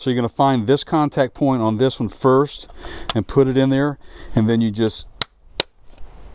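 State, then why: Seated. A plastic seat adjustment lever is pushed back onto the two molded contact points of a Hyundai seat side shield while someone talks. Two sharp snaps at 5.2 s and 5.6 s mark the lever seating on both contact points. A faint tick follows.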